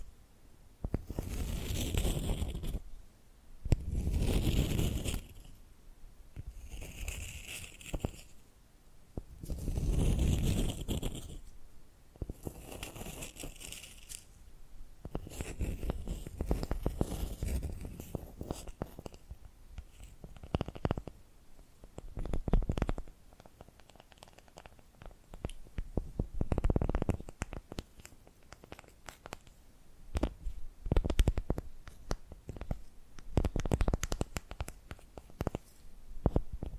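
ASMR tapping and scratching, with rough, rustling scratch bursts in the first fifteen seconds, each lasting a second or two with short gaps. After that, the sound turns into quicker, sharper taps and clicks at an uneven pace, with a low rumbling undertone throughout.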